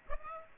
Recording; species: mosquito wingbeat signal from an infrared sensor; Aedes aegypti